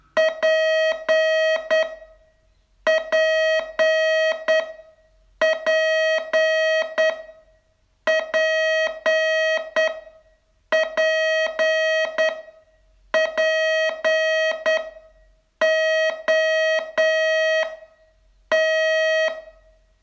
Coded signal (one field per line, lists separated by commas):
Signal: Morse code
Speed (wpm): 10 wpm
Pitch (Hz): 640 Hz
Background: none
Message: PPPPPPOT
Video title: Learn Morse in 42 Days from VU2LAU - day 27